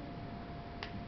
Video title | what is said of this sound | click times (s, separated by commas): Service AirLight Generator - Beyes | make sure you hear the clicking sound and everything's in place | 0.8 s